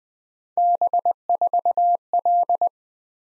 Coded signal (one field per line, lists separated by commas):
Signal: Morse code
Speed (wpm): 20 wpm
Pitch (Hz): 700 Hz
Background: none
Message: B4L